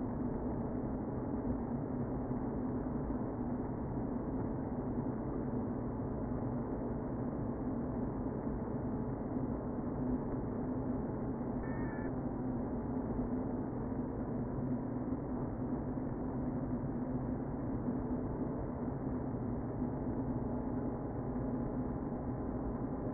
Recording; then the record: honeybee colony, microphone inside the hive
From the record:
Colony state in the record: queen present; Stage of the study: before two queens were removed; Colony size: about 60,000 bees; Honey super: yes